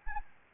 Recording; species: mosquito wingbeat signal from an infrared sensor; Anopheles arabiensis